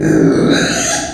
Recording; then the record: squeal of a Yucatan mini pig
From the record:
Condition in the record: before surgery on the right vocal fold (resection and tissue-engineered implant); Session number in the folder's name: 3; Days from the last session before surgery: 0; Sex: female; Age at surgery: 19 weeks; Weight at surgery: 25 kg